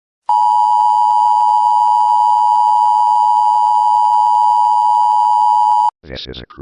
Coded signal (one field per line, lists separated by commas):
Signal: Emergency Alert System (SAME) tones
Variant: 853 and 960 Hz attention tone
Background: speech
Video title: EAS Scenario - NP Cable Anti-Piracy